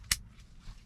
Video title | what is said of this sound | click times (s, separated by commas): New Year & New Game Plan | snaps back into your rope like so | 0.1 s